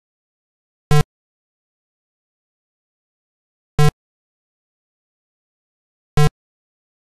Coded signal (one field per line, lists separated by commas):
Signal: none